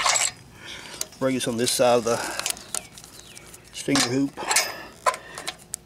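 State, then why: Seated. On a Jeep, an onboard air compressor hose quick coupler is pushed onto its mating compressor line fitting while someone talks and scattered small metallic knocks and rattles are heard. It ends in one sharp click at 5.7 s as the coupling snaps into place and is seated.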